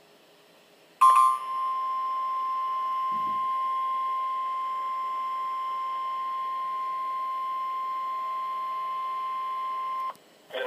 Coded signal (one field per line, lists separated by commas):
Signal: Emergency Alert System (SAME) tones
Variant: 1050 Hz attention tone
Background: speech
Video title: NOAA Radio EAS #8 Severe Thunderstorm Warning